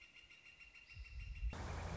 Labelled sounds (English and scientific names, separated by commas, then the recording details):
Northern Flicker (Colaptes auratus)
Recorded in Sonoma County, California